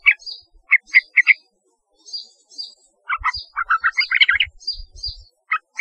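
Yellow-vented bulbul song: gurgling, liquid note groups, sparse at first then a rapid run, with high thin chirps and soft low knocks.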